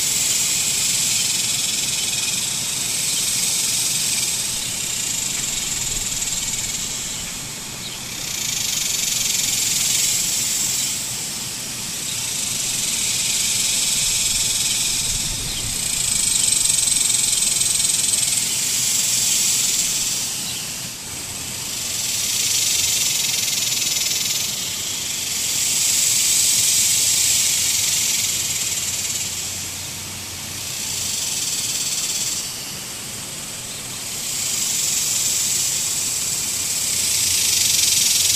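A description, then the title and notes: Locusts buzz in waves over open fields near Odessa, Texas, a dense, bright, hissing drone that swells and fades about every four to five seconds. The chorus never stops, and a faint low rumble lies underneath throughout. Locust swells in open fields - Odessa, TX, USA.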